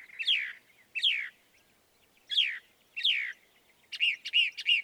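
Northern mockingbird song: a descending slurred note repeated several times, then a quick switch to a rapid run of burry notes.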